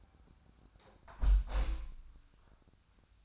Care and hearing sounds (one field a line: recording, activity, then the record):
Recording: daily activity, microphone in the room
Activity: close window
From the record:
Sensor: 2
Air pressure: 1004.5 hPa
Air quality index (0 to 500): 93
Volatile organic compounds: 2 ppm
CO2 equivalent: 1118 ppm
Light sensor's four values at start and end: 6/15/6/6 and 6/14/5/6